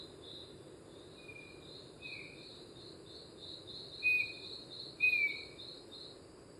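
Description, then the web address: Chestnut-backed antbird gives four plain whistled notes, the first two softer and the last two louder, with constant insect buzzing behind. Recorded at Gandoca-Manzanillo, Costa Rica. "Gandoca-Manzanillo Aves myrmeciza exsul"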